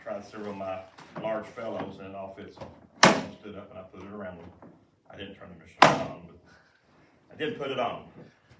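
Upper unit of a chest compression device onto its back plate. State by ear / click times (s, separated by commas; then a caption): not seated / none. Someone talks while handling the upper unit of a mechanical CPR chest-compression machine, which is not switched on, as it is fitted toward its back board. Two short, sharp handling knocks stand out at about 3.0 s and 5.8 s. The unit has not yet snapped or seated onto the back board by the end of the clip.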